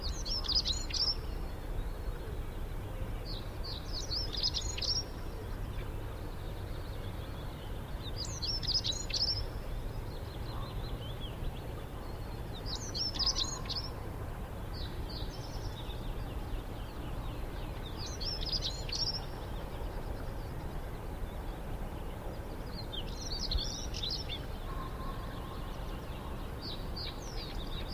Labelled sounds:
European Stonechat

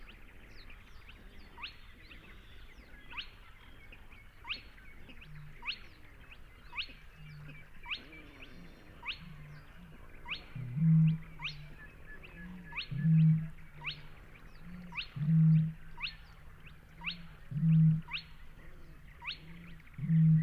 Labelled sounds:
Spotted Crake song

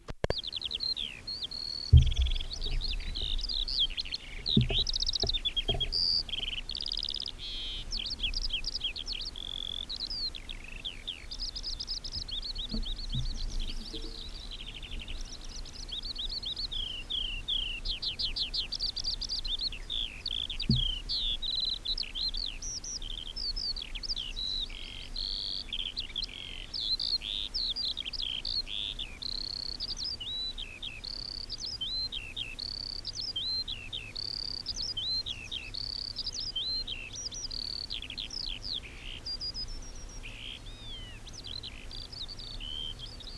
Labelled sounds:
Eurasian Skylark song

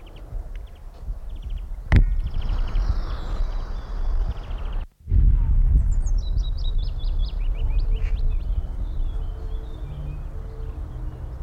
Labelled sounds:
European Greenfinch

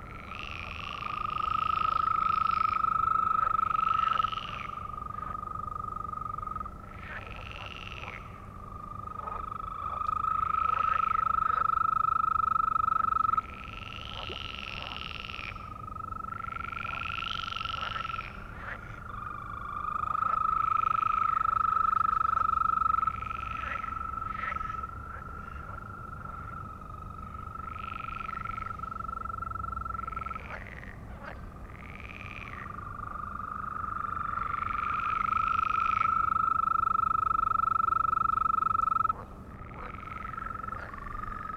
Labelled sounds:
Green Toad call

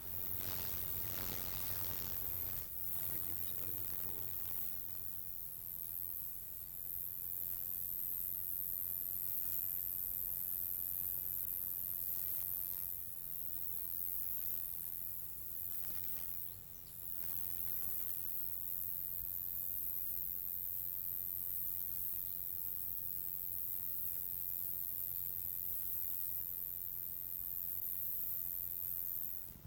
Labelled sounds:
Roesel's Bush-cricket stridulation

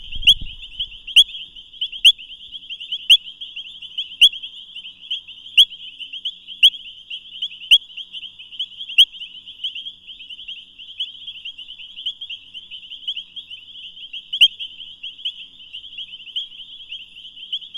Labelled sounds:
Painted Reed Frog call

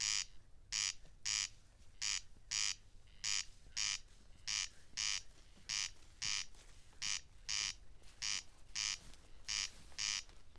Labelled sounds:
Corn Crake song

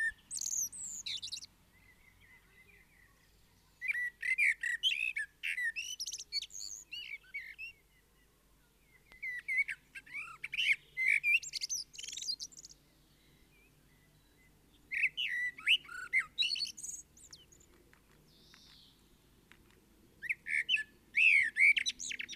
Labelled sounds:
Common Blackbird song

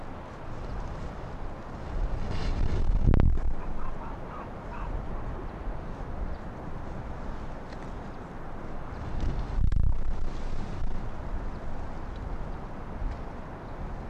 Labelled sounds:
Arctic Fox

